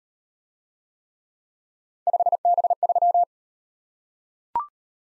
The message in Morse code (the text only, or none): 5B3